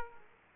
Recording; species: mosquito wingbeat signal from an infrared sensor; Aedes aegypti